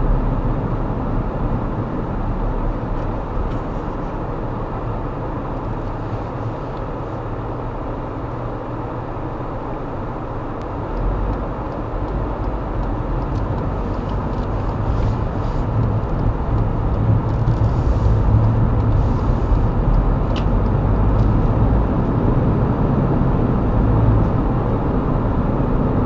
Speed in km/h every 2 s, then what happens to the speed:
27, 21, 15, 11, 2, 8, 16, 23, 21, 26, 37, 48, 53.
0-9 slows to 2. 9-14 pulls away to 23. 17-26 speeds up to 53.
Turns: 12-19.